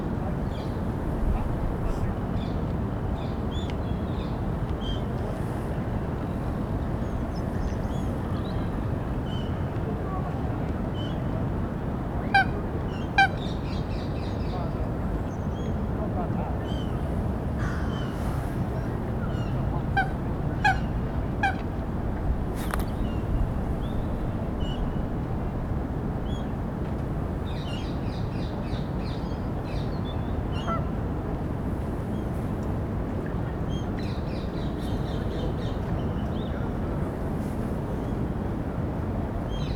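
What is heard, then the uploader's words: Birds call around a lake in a large city park in the morning, with honking geese heard near the middle and scattered chirps and squawks throughout. A steady low rumble of traffic fills the background, with the overall level fairly even. Captured in the morning in a large city centre park. Various birds are in the lake and on the grass, some fly overhead.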